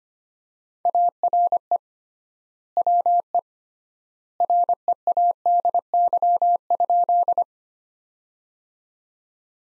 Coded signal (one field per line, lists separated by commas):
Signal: Morse code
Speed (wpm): 25 wpm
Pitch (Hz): 700 Hz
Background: none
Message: ARE WE READY?